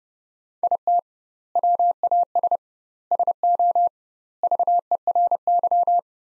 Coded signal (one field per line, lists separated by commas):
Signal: Morse code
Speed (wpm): 30 wpm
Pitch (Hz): 700 Hz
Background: none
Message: IT WAS SO VERY